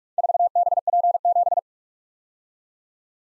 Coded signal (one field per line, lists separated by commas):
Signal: Morse code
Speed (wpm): 44 wpm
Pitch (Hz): 700 Hz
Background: none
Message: 4BP7